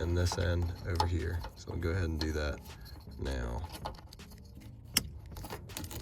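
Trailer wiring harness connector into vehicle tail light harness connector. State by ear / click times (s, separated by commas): seated / 5.0 s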